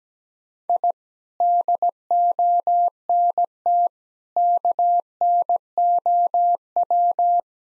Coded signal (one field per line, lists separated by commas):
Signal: Morse code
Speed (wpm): 17 wpm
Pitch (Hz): 700 Hz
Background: none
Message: I DONT KNOW